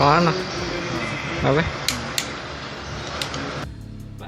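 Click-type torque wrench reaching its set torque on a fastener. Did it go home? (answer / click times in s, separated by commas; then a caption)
yes / 1.9 s, 2.2 s. Someone talks as a 1/2-inch drive click-type torque wrench (S-Ks Tools USA / FLYMAN USA), set to 90 ft-lb, is pulled on a fastener. It gives sharp metallic clicks at 1.9 s and 2.2 s, followed by a softer tick at 3.2 s. The clicks confirm the fastener has reached the set torque of 90 ft-lb.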